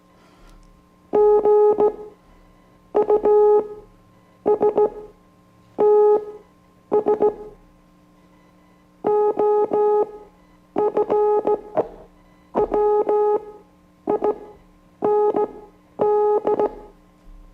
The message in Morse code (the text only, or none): GUSTS OF WIND